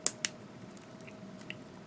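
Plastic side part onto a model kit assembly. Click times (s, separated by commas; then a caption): 0.1 s. A plastic side part of a 1/144 Real Grade Tallgeese III model kit is pressed onto the assembly and snaps into place with a sharp plastic click at 0.1 s. A second, slightly quieter click follows at 0.3 s, then faint ticks and a small click near 1.5 s. The part is seated.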